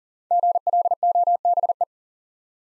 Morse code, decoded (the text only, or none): GLOBE